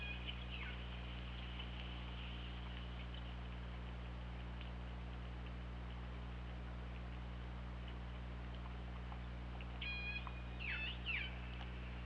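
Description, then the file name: Orca calls: short tonal, pulsed cries near the start, then a pair of sweeping, harmonic calls near the end, over a steady low hum and hiss. OrcaLab hydrophone, 24 August 2017, around 21:02. "Orca Lab UTLN JASON 20170824 210212"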